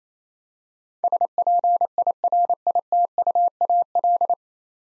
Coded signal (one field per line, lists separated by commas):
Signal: Morse code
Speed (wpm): 28 wpm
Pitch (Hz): 700 Hz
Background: none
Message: SPIRITUAL